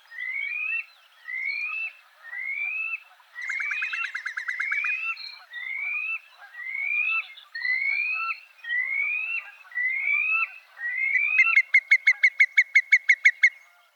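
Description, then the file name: Whimbrel song: a series of rising whistled notes repeated about once a second, with a brief bubbling run in the middle, ending in a rapid level trill. "John Neville - Whimbrel"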